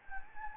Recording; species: mosquito wingbeat signal from an infrared sensor; Anopheles gambiae